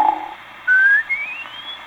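Brief hum, then a long rising whistle like a firework: an adult's comic imitation of a whistling snore, type 2C, a further development of the non-lubricated or frictional snore, known as the 4th of July or whistling bomb type.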